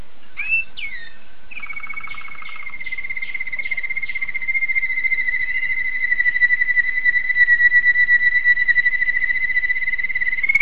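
Canary song with a few short chirps, then one long steady whistled tone held for about nine seconds, gently wavering.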